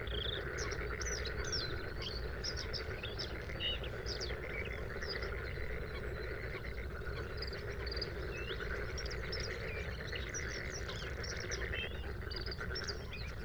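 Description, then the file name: Bluethroat song of scattered high chirps and short twittering phrases, with a constant droning hum and other background noise underneath. Recorded at Sha Cheng Wetland, Hebei, China, on 5 May 2025 at 06:10; three bursts of song separated by fades. "2025-05-05-0610-Bluethroat- three-bursts-of-song-separated-by-fades-Sha Cheng-Wetland-Hebei"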